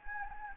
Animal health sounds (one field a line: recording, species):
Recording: mosquito wingbeat signal from an infrared sensor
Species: Anopheles gambiae